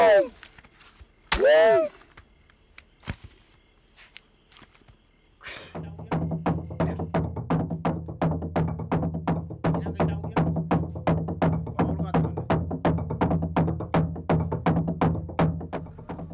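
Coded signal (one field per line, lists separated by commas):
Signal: drum signal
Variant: Garamut slit drum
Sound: rapid, steady, resonant wooden drum strokes, about three per second, continuing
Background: animal or voice calls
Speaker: In the village of Timbumeri on the southern shore of Lake Chambri, the Garamut tom-toms sound out announcing the initiation ceremony of the Crocodile men.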